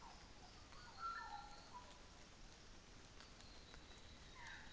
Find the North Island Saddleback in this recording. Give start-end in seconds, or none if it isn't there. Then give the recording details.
none. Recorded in New Zealand on 24 December 2018. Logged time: 09:00